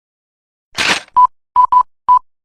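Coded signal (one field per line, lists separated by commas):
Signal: none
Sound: phone-like beep sound effect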